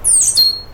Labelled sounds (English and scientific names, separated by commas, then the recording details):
Stitchbird (Notiomystis cincta) song
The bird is a male
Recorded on Tiritiri Matangi Island, New Zealand, in 2005
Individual 12, of nest box 16